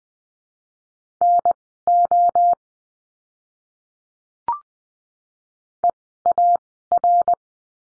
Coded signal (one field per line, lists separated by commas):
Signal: Morse code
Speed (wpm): 20 wpm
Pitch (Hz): 700 Hz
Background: none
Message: NO EAR